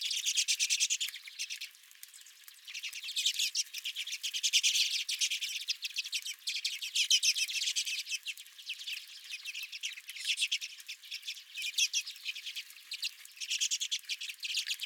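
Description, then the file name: Redpolls calling, a dense flock chatter of buzzy, rapid twittering notes that rise and fall in waves throughout. Several redpolls at a feeder. "Redpolls at My Feeder"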